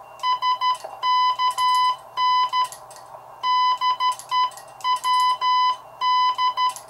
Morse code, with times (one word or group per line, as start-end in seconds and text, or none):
0.3-2.6 SKN
3.5-4.5 DE
4.9-6.7 WD